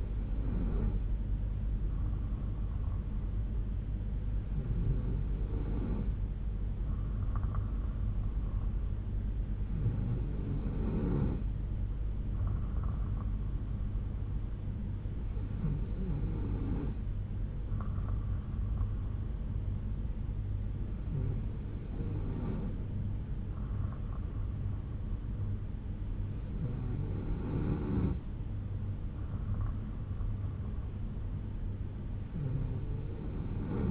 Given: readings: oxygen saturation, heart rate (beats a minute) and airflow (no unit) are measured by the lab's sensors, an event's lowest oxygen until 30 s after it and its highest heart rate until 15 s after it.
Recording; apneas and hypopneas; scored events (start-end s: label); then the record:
breathing in sleep by a smartphone at the bedside; none
none scored
From the record:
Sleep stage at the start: N3 (deep sleep); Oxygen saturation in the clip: 92%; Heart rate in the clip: 61 to 64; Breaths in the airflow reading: 6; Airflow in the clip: -4.1 to 3.1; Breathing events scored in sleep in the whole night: 368 in 8.0 hours asleep